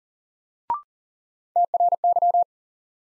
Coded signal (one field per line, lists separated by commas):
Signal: Morse code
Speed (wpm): 40 wpm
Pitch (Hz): 700 Hz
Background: none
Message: TRY